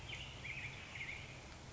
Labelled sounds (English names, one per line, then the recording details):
Black-headed Grosbeak
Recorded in Sonoma County, California